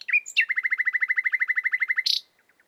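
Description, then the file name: Common nightingale song: a short whistled slur, then a long rapid run of identical clicking notes, ending in a harsh buzzy burst and faint ticks. "Luscinia megarhynchos"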